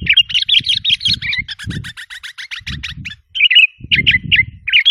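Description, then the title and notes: Sooty-headed bulbul delivering a rapid string of chirpy, warbling notes, with a short gap after about three seconds and low thumping noise in the background. "Kicau Burung Kutilang"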